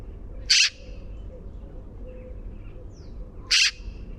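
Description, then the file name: Eurasian magpie uttering two brief, grating chack calls spaced roughly three seconds apart; faint thin bird notes and low rumble in the background. "Pica pica"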